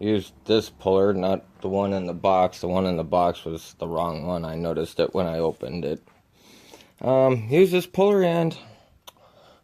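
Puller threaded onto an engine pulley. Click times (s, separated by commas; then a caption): 9.1 s. During a 2006 CTS 2.8L timing chain job, a puller (not the one that came in the box, which was the wrong one) is threaded onto an engine pulley and tightened to draw the pulley off while someone talks. A single sharp snap comes at 9.1 s, followed by a short exclamation, as the puller's thread strips out.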